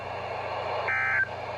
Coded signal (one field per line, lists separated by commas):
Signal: Emergency Alert System (SAME) tones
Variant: end-of-message bursts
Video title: Child Abduction Emergency - EAS #25